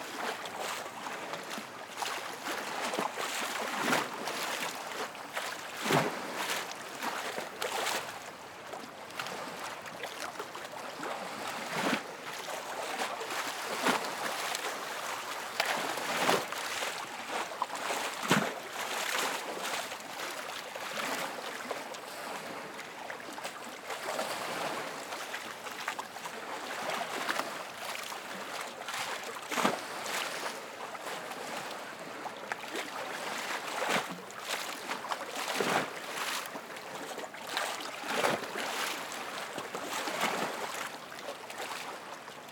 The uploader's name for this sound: Lake Waves Crashing Into The Dock